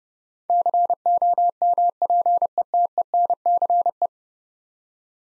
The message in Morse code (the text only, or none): COMPETENCE